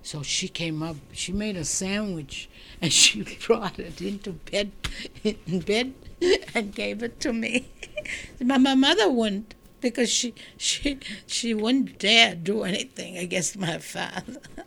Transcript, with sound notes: So she came up, she made a sandwich and she brought it into bed and gave it to me. ( she laughs ) Now, my mother wouldn't, because she wouldn't dare do anything against my father.